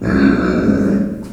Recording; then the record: squeal of a Yucatan mini pig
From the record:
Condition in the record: after surgery on the right vocal fold (resection and tissue-engineered implant); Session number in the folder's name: 7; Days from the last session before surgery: 47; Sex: female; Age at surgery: 19 weeks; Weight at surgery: 25 kg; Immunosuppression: prednisolone